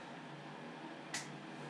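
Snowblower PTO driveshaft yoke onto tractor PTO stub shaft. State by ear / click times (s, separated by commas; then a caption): seated / 1.1 s. The greased PTO driveshaft yoke of a snowblower is pushed onto the PTO output stub shaft of a Mahindra eMax 20S tractor until its locking collar snaps home. Against a steady background hum, a short, sharp click sounds at 1.1 s. The shaft is seated and well installed.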